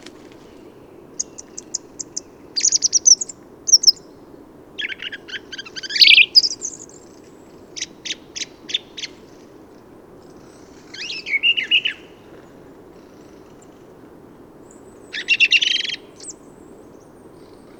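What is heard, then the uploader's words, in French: A song thrush sings in short, varied phrases, some fast repeated notes, others buzzy or whistled, high and bright, with brief pauses between them. Phrases come every second or two through the first half, then sparser bursts near 11 and 15 seconds over a low, steady rumble. Forêt de Valdrôme - Nagra Seven - Parabole Telinga pro7. Mais grâce à une fructification exceptionnelle cette année des Aliziers et sorbiers les grives vont rester jusqu'aux chutes de neiges dans la forêt. Aujourd'hui c'est une Grive musicienne (Turdus philomelos) qui m'offre une improvisation automnale.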